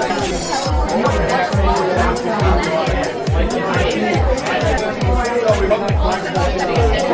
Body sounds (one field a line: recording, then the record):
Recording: background sound without coughing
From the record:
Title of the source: Nightlife Party Simulating Party Club Noise 1 Hour